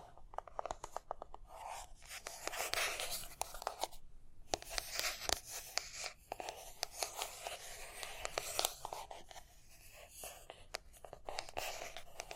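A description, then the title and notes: Tapping and scratching sounds, with sharp clicks scattered unevenly throughout and rough, papery scraping that swells and fades in bursts. A brief quiet gap comes near four seconds before the scratching resumes, with a few louder taps near five and nine seconds. Tapping and Scratching (No Talking).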